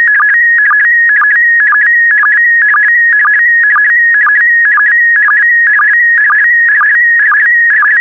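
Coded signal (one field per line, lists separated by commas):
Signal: SSTV (slow-scan television)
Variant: PD120 mode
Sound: warbling whistle-like tone shifting pitch, with short low blips about twice a second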